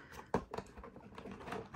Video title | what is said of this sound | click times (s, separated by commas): Matchbox Action Drivers Ferry Port Playset - Unboxing and Review (New for 2023) | that in place man look how easy that was snapped in place like | 0.3 s